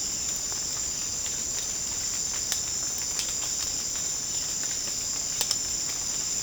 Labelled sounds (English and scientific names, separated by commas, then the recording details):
none
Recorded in secondary vegetation near Puerto Asís, Putumayo, Colombia, on 21 March 2025 at 16:00
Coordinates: 0.485, -76.322
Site G040